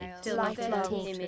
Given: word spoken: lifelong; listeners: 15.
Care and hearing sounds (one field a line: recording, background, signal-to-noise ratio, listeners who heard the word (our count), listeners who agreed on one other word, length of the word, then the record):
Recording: one English word in noise, from a listening test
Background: four-talker babble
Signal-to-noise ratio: -0.2 dB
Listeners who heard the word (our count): 0 of 15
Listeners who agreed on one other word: 11 of 15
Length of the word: 0.88 s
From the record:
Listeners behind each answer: 11, 4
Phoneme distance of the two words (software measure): 51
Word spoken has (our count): 2 syllables, 6 phonemes, stress on syllable 1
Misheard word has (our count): 3 syllables, 7 phonemes, stress on syllable 2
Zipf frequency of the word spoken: 3.56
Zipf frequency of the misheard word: 4.62